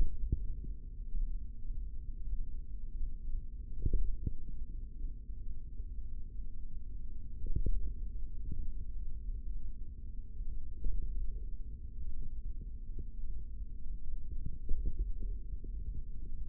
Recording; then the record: forearm muscle sounds (acoustic myography)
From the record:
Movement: hand opening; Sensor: system 3, bracelet of six PUI Audio POM-2738L microphones around the upper forearm, with dedicated amplification and filtering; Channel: 4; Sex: male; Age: 25 years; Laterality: right